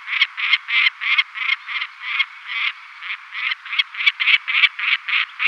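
Lanner falcon cackling: a rapid string of grating, scratchy notes roughly three per second, with a brief slower stretch near the middle.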